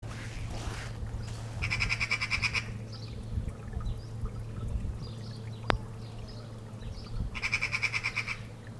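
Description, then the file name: Eurasian magpie chattering: two harsh, rapid rattling bursts about a second long, several seconds apart, over a low steady hum and faint background noise. "Pica pica"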